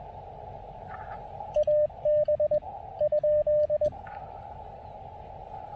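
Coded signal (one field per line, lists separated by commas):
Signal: Morse code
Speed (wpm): 20 wpm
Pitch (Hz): 590 Hz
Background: radio noise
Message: AB ?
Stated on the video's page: QRP CW park activation (POTA) on 20 meters with a field radio during a road trip stop.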